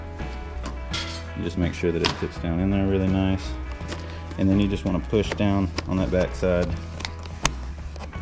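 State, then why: Seated. A removable window sash panel is set back into the cleaned window frame track and pushed down on the back side over background music while someone talks. A sharp click at 7.5 s marks it snapping into place, showing the panel went back in properly.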